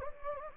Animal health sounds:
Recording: mosquito wingbeat signal from an infrared sensor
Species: Anopheles gambiae

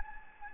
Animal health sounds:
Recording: mosquito wingbeat signal from an infrared sensor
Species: Anopheles gambiae

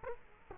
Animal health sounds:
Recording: mosquito wingbeat signal from an infrared sensor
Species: Culex quinquefasciatus

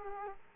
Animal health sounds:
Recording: mosquito wingbeat signal from an infrared sensor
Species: Culex quinquefasciatus

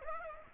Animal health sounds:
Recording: mosquito wingbeat signal from an infrared sensor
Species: Aedes aegypti

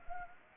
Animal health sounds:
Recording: mosquito wingbeat signal from an infrared sensor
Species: Anopheles arabiensis

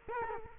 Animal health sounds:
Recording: mosquito wingbeat signal from an infrared sensor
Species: Culex quinquefasciatus

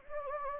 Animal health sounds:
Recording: mosquito wingbeat signal from an infrared sensor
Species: Anopheles gambiae

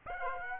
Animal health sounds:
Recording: mosquito wingbeat signal from an infrared sensor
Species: Aedes aegypti

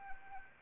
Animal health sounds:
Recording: mosquito wingbeat signal from an infrared sensor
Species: Anopheles arabiensis

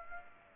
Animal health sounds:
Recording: mosquito wingbeat signal from an infrared sensor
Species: Aedes aegypti

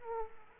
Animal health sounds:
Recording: mosquito wingbeat signal from an infrared sensor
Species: Aedes aegypti

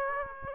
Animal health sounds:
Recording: mosquito wingbeat signal from an infrared sensor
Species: Aedes aegypti

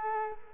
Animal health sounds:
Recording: mosquito wingbeat signal from an infrared sensor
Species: Culex quinquefasciatus

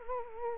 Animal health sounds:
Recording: mosquito wingbeat signal from an infrared sensor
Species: Culex quinquefasciatus

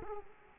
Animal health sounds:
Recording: mosquito wingbeat signal from an infrared sensor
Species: Culex quinquefasciatus

